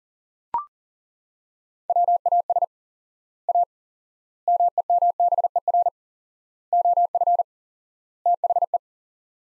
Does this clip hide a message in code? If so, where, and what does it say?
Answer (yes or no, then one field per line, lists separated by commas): yes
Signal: Morse code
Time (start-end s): 1.9-8.8 s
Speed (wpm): 40 wpm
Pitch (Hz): 700 Hz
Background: none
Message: WAS A MEMBER OF THE